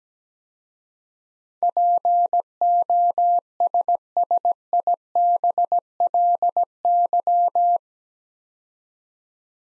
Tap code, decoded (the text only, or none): none